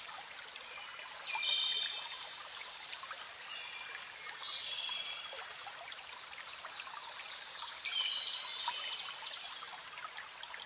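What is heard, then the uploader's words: Woodland ambience with a steady, bright trickling hiss, like a small stream running, and almost nothing in the low end. High, thin bird calls rise over it in short bursts, near the second, fifth and eighth seconds. WOODLAND SOUNDS.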